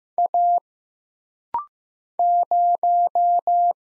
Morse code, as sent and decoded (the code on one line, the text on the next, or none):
.- / -----
A 0